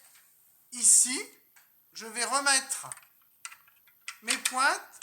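Metal marking points are handled as someone puts them back toward their storage spot on the underside of a plastic Parkside 5-in-1 large-model angle finder while someone talks. Brief handling clicks come at about 3.5, 4.1 and 5.0 seconds between the speech. Nothing has seated or clicked into place yet.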